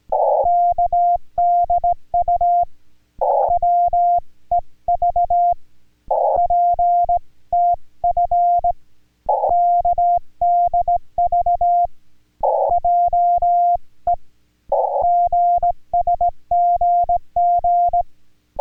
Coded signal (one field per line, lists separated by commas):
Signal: Morse code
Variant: Korean alphabet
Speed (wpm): 18 wpm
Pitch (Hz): 700 Hz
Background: music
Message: 의 발 전 을 하 셨